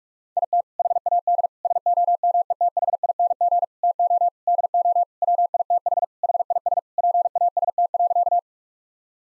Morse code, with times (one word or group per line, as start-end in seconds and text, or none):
0.4-0.6 IT
0.8-1.5 HAD
1.6-3.6 SOMETHING
3.8-4.3 TO
4.5-5.0 DO
5.2-6.0 WITH
6.2-6.8 HIS
7.0-8.4 PAST.